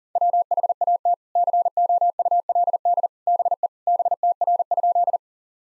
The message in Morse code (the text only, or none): WHAT COULD BE BTR?